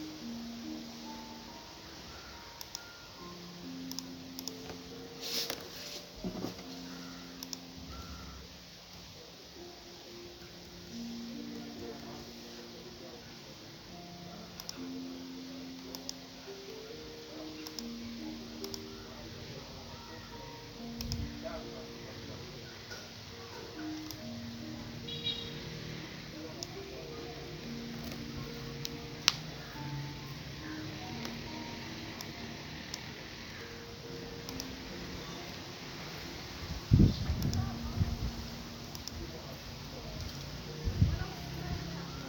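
Morning at a restaurant, with a low murmur of voices running throughout. A soft melody of short, evenly spaced notes plays along underneath, while sharp clinks and knocks of dishes or cutlery pop up every few seconds, with a louder clatter near 37 seconds.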